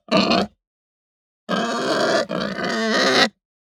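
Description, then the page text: Pig grunting and squealing in three loud, harsh bursts: a short one, then two longer strained squeals close together after a pause. Hampshire breed pig; angry grunting and squealing. "Hampshire Pig Grunt Squeal Angry. Quick Sounds"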